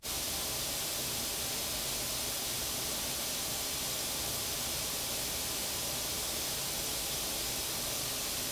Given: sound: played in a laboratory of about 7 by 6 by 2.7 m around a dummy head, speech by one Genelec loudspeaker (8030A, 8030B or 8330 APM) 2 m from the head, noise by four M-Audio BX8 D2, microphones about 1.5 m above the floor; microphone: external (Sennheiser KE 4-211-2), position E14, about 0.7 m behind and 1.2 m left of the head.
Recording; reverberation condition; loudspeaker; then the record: white noise; low; four, about 170 cm from the corners of the room and facing them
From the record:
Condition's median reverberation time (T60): about 310 ms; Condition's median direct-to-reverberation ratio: about 3.5 dB